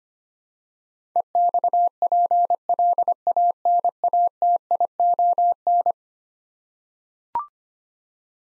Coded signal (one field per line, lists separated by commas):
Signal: Morse code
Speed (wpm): 25 wpm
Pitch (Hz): 700 Hz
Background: none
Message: EXPLANATION